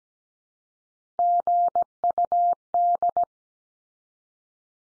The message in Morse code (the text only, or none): GUD